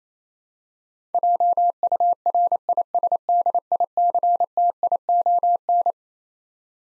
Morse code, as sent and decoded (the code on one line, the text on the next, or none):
.--- ..- .-. .. ... -.. .. -.-. - .. --- -.
JURISDICTION